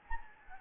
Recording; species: mosquito wingbeat signal from an infrared sensor; Anopheles gambiae